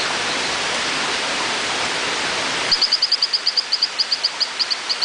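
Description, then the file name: Hylodes phyllodes call: high, sharp chirped notes begin abruptly and repeat quickly, spacing out a little over two seconds, against loud rushing water. "Hylodes phyllodes"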